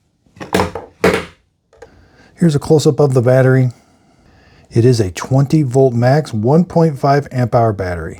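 A release button is pressed on a DeWalt 20V MAX cordless drill/driver (DCK240C2 combo kit), and the 20 V MAX 1.5 Ah lithium-ion slide-on battery pack slides off the drill's plastic handle base with a short series of clunks, the main one at 1.0 s. The battery pack comes free of the drill, and then someone talks.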